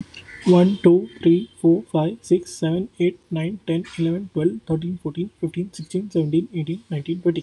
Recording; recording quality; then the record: counting at a fast pace; moderate, slight background noise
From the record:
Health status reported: healthy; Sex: male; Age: 27 years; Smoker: yes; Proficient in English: yes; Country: India